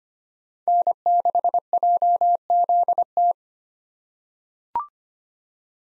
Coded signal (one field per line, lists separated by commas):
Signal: Morse code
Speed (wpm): 25 wpm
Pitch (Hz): 700 Hz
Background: none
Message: N6JZT